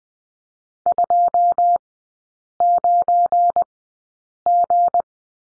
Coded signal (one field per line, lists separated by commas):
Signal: Morse code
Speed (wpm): 20 wpm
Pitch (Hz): 700 Hz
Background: none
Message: 29G